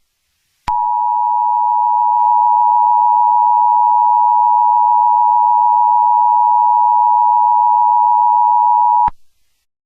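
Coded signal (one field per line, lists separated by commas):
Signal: Emergency Alert System (SAME) tones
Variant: 853 and 960 Hz attention tone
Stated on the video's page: Fictional EAS scenario.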